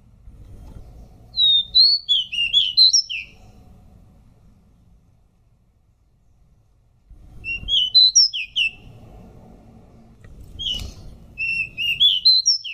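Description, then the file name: Pied bush chat singing brief warbling phrases of high, twisting whistled notes, three phrases separated by pauses, with faint low background rumble. "suara decu belang"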